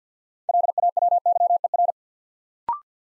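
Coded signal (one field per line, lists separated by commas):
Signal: Morse code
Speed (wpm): 49 wpm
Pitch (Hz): 700 Hz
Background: none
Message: LAWYER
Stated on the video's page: Morse practice at 50 wpm: six-letter words sent two letters at a time, a word-building drill for instant character recognition.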